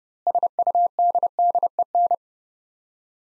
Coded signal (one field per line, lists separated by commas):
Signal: Morse code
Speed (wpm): 30 wpm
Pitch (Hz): 700 Hz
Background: none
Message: SUDDEN